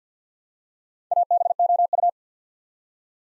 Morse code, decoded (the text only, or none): ABOU